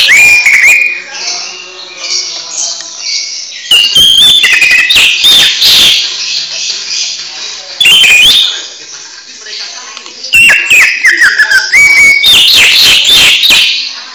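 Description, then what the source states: Greater green leafbird song: loud bursts of high whistles and rapid buzzy chatter, some notes sliding up or down, separated by short quieter gaps. Caged bird; training (masteran) recording for cage birds, in the 'receh' song style.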